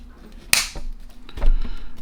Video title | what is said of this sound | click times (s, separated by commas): THREE Matco 1/2" Impacts Combine to Make One Good One. | and if you heard that click that was the tab on the other side snapping back into place | 0.5 s